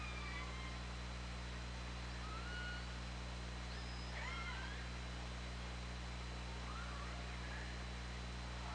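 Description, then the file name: Orca calls: a few faint squeals gliding up and down over a steady low hum. On an OrcaLab hydrophone, 24 August 2017, at 20:29:41. "Orca Lab UTLN 20170824 202941"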